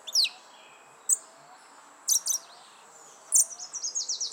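Western red-legged thrush calling in sharp, high notes, ending in a rapid repeated chattering series, with a continuous high-pitched hum in the background.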